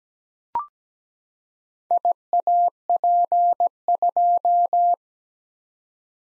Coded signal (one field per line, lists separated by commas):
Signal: Morse code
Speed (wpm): 17 wpm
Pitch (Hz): 700 Hz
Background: none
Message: IAP2